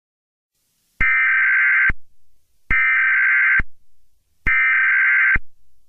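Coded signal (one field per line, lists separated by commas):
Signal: Emergency Alert System (SAME) tones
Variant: header bursts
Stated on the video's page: Simulated EAS scenario for a fictional Arctic tsunami.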